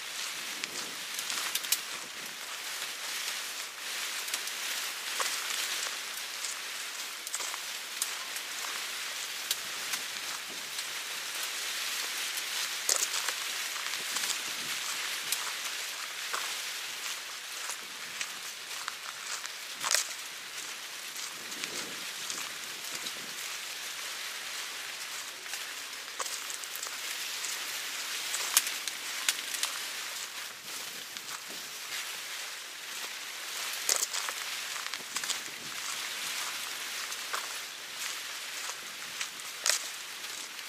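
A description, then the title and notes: In a forest, a steady dense patter like rain on leaves fills the air, with occasional louder crackles and snaps every few seconds. Walking in the Forest Sounds.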